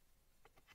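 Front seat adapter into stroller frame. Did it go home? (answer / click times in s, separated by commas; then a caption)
no / none. A front seat adapter for a Joovy Qool stroller is lined up with the pretty side facing out and slid toward the stroller frame. Three short handling taps are heard, near 0.5, 0.6 and 0.7 seconds, over a faint background. Nothing has seated or clicked yet.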